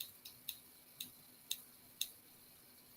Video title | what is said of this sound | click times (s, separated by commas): DIY Easy Beginner Chain Maille Mobius Drop Earrings | it's a gorgeous little click | 1.5 s, 2.0 s